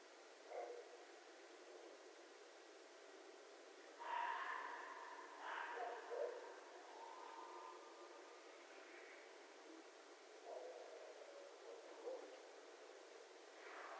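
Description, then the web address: Red fox uttering hoarse, breathy calls, a pair of louder rasping screams followed by several fainter, lower yelps at irregular intervals. Recorded 11 January 2012. "sounds mammals Red Fox 2012 01 11 Red Fox long"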